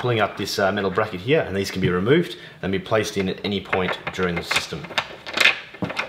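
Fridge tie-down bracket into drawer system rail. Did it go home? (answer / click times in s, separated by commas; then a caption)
yes / 6.0 s. Someone talks while a metal fridge tie-down bracket is pulled up, moved along the rail of an LC200 4WD drawer system with a fridge slide, and dropped back in. Brief knocks follow near the end, and the bracket locks into the rail with a sharp click at 6.0 s.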